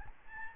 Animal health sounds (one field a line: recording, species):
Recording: mosquito wingbeat signal from an infrared sensor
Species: Aedes albopictus